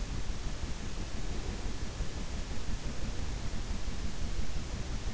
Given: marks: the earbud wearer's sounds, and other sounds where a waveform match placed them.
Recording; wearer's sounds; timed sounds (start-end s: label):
sounds in sleep by an in-ear microphone; breath
1.13-2.46 s: breath